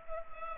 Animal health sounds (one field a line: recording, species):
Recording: mosquito wingbeat signal from an infrared sensor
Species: Culex pipiens